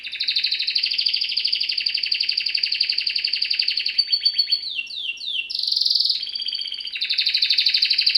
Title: Canary Training Esquente Seu Filhote E Canario Belga Em 30 Minutos Macho Cantando Muito